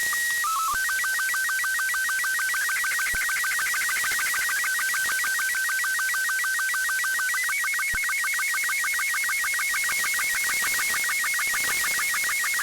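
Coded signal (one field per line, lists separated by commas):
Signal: SSTV (slow-scan television)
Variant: Robot 36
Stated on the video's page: SSTV images received from satellites in space.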